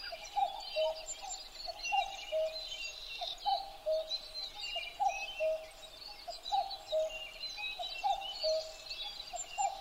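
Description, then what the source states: Common cuckoo giving steady cuc-koo pairs, the second note dropping, repeated roughly every second and a half, over a dense dawn chorus of chirps and trills. Recorded 12 June 2011 at 03:53.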